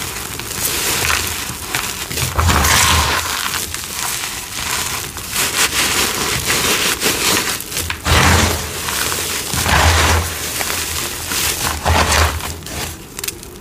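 Cornstarch crunchies and dyed chalk crumble and crunch in a dense, crackly stream. Bright, gritty crushing runs steadily, swelling into louder squeezes around two, eight, ten and twelve seconds, with a faint low rumble under the heavier presses.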